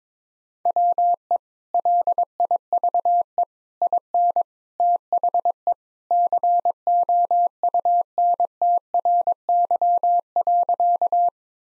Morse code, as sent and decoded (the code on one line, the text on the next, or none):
.-- . / .-.. .. ...- . / .. -. / - .... . / -.-. --- ..- -. - .-. -.-- .-.-.-
WE LIVE IN THE COUNTRY.